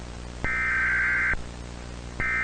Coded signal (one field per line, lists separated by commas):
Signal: Emergency Alert System (SAME) tones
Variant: header bursts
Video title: s h r i n k i n g s u n - EAS Scenario